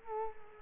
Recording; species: mosquito wingbeat signal from an infrared sensor; Culex quinquefasciatus